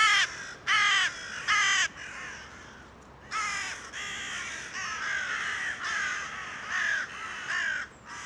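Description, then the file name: Carrion crow cawing: three short hoarse calls, a pause, then a longer string of rough, grating caws. "Corvus corone"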